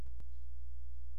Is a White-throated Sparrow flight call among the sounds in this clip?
no